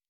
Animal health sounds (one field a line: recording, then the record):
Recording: hydrophone in a shrimp aquaculture tank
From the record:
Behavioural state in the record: normal